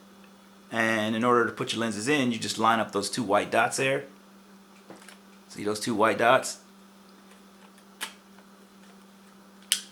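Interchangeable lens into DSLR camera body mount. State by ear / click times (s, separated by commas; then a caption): seated / 9.7 s. An interchangeable lens is mounted on a Nikon D3200 DSLR camera body by lining up the white dots on the lens and body and twisting it on the bayonet mount while someone talks. Small handling sounds follow, then a sharp click at 9.7 s as the lens locks into the mount and seats.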